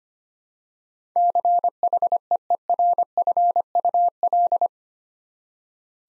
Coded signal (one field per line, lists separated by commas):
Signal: Morse code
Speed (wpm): 25 wpm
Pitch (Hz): 700 Hz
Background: none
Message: CHEERFUL